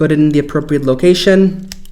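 Someone talks while handling a new rubber/plastic replacement thumbstick cap, bringing it to the analog stick shaft of a PS5 game controller. A brief sharp tick is heard near 1.9 s at the end. Nothing has seated or clicked yet; the cap is not yet home.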